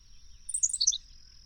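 Bird singing one quick burst of high, thin notes tumbling downward, with a steady high hum beneath.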